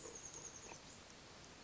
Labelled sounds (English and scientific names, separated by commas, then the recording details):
Chestnut-backed Chickadee (Poecile rufescens)
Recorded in Sonoma County, California